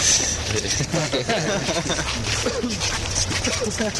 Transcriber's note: laughter